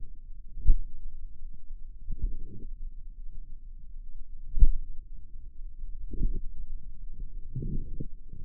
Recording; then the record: forearm muscle sounds (acoustic myography)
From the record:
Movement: pen grasping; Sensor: system 2, bracelet of six BSWA MPA416 microphones around the upper forearm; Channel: 4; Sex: female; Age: 23 years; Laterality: right